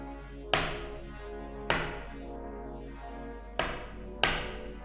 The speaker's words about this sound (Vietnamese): Vào phòng, vừa nằm xuống, chưa kịp vén mền lên đắp thì lại là tiếng gõ cửa vang lên.